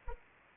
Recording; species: mosquito wingbeat signal from an infrared sensor; Anopheles arabiensis